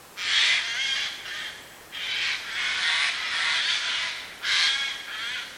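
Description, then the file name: Eurasian jay gives rough, scratchy screeches almost continuously, a short burst, a long drawn rasp, then another sharp burst at the end. "Garrulus glandarius"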